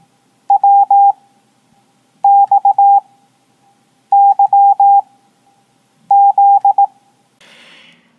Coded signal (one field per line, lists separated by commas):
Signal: Morse code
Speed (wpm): 18 wpm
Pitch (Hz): 800 Hz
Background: none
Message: W X Y Z